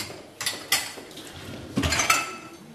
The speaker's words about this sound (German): Mittagsruhe. Die meisten Bewohner sind in ihren Zimmern. Im Gemeinschaftsraum räumt eine Pflegerin Gläser in die Spülmaschine.